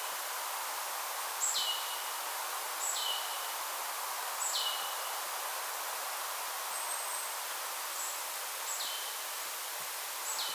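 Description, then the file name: Marsh tit calls: short high notes dropping into a lower slurred note, repeated at irregular intervals over steady hissing background noise. "Poecile palustris"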